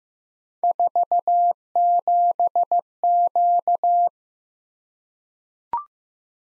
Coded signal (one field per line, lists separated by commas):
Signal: Morse code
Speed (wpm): 15 wpm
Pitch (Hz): 700 Hz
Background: none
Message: 47Q